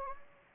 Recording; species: mosquito wingbeat signal from an infrared sensor; Anopheles gambiae